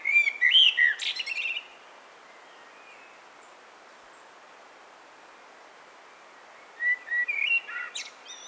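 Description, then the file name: Common blackbird singing two fluted phrases with thin, high twittering notes, separated by about five seconds of quiet. "Turdus merula"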